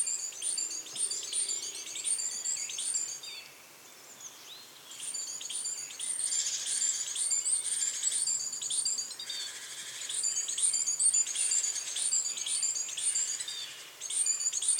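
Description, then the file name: Great tit producing bursts of rapid, high-pitched chattering calls, with a short quieter gap after a few seconds, then sustained chatter until the end. "Parus major"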